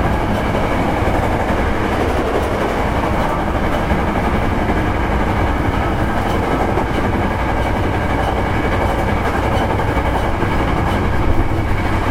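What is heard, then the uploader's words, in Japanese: Running sound of a Hankyu 9300 series train on a Kyoto Line limited express. A steady, dense rumble, heaviest in the low end, holds at an even level for the whole twelve seconds, with a faint whine above and soft rhythmic rattling of the wheels. 阪急電鉄9300系電車の走行音です。京都線の特急列車にて収録しました。区間は高槻市から烏丸までです。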